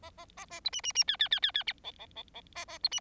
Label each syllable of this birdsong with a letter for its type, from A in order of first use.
A A A A B C C C D D D D D E E E E A A B C